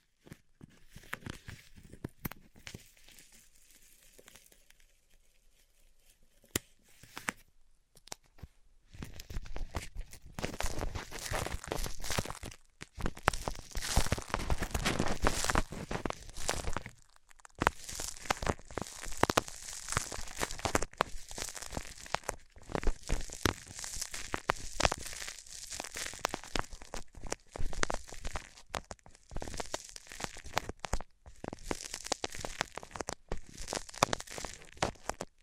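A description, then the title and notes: A bandage is being ripped off, starting with a few faint crinkles and small snaps over the first nine seconds. Then come dense bursts of tearing and crackling, bright and papery, in quick clusters with short pauses near 13 and 17 seconds, continuing to the end. ASMR Ripping Off the Band Aid (No Talking).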